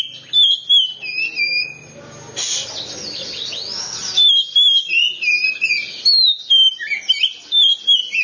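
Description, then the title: Oriental magpie-robin song, clear whistled phrases broken by a harsher rasping passage, then resuming with rapid sliding notes. "Kacer6"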